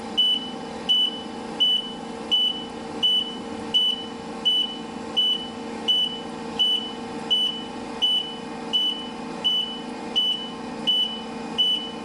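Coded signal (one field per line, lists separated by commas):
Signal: alarm pattern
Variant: truck reversing beeper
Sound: high steady beep repeating about 16 times, evenly spaced, over low engine rumble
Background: diesel engine idling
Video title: Reversing Truck beep, Sound Effect, reverse beeper, vehicle back up alarm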